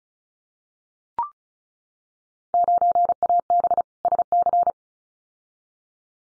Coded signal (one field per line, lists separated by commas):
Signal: Morse code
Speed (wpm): 35 wpm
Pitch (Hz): 700 Hz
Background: none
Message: 9AB SC